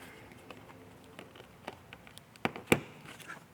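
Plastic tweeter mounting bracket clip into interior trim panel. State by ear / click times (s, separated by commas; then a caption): partly seated / 2.5 s, 2.7 s. A plastic tweeter mounting bracket clip is pushed down into its mounting notches in the interior trim panel of a Tesla Model 3, with faint ticks and rustles before two sharp clicks at 2.5 and 2.7 seconds. The bracket ends up only half clicked in, with its two clips not yet engaged with the lower ones.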